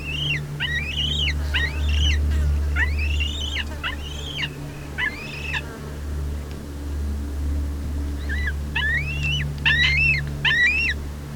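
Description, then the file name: Black-breasted buzzard giving thin arched whistles that rise then drop, in quick runs of several notes, a pause, then another burst; steady low hum underneath. "Hamirostra Melanosternon"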